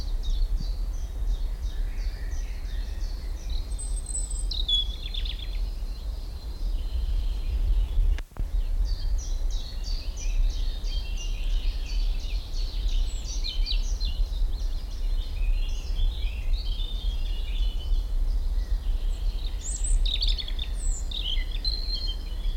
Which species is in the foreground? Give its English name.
European Robin